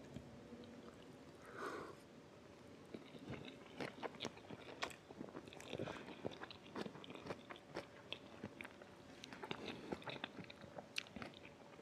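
Someone eats fried rice with eggs, with frequent quick clicks of utensils and soft chewing, a brief sniff near two seconds, and a faint steady hum.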